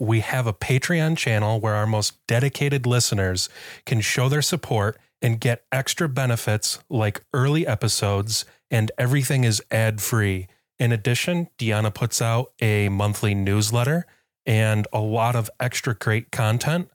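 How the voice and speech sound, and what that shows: An adult man reads an announcement in clear, fluent speech with steady pitch and even pacing.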